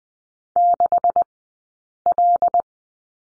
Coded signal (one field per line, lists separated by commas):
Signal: Morse code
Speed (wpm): 20 wpm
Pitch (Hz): 700 Hz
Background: none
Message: 6L